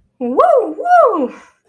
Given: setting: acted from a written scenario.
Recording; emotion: vocal sound without words; elation